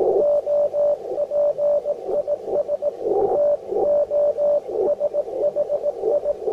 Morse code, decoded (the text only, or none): OP IS TOSHI